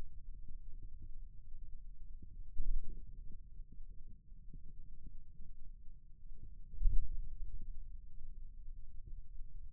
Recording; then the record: forearm muscle sounds (acoustic myography)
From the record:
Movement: ulnar deviation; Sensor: system 2, bracelet of six BSWA MPA416 microphones around the upper forearm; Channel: 1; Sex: male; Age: 22 years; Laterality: right